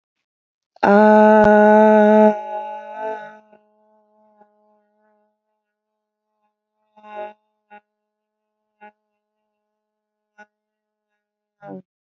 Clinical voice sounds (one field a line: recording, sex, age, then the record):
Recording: vowel held as long as possible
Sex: female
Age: 40 to 49 years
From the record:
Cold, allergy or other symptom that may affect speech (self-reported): no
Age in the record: 41 years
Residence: Illinois, United States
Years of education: 12